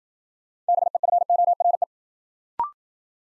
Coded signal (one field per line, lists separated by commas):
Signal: Morse code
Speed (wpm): 53 wpm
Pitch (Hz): 700 Hz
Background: none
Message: BEFORE